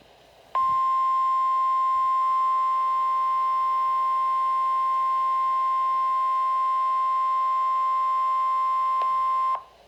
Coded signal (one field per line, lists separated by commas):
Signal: Emergency Alert System (SAME) tones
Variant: 1050 Hz attention tone